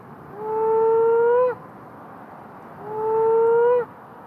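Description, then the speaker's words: Moaning frog mating call: two long, low, steady moans, each about a second long with a slight upward bend at the end, separated by a pause. Submitted recording; male calling to attract females in mating season; a very haunting noise; calls commonly around the middle of Perth. "that's the moaning frog, and it calls quite commonly around the middle of Perth."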